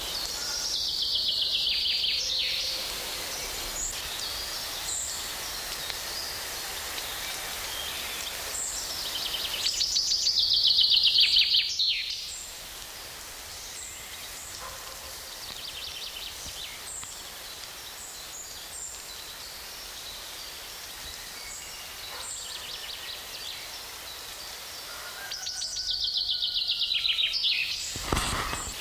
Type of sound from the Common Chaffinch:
song